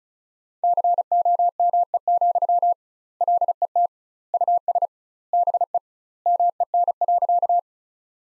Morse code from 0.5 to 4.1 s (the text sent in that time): COME, LET